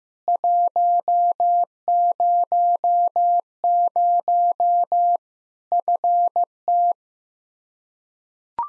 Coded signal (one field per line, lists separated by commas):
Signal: Morse code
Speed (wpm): 15 wpm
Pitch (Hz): 700 Hz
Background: none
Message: 100 FT